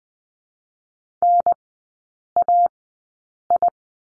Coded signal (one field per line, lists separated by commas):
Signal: Morse code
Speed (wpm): 20 wpm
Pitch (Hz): 700 Hz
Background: none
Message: N A I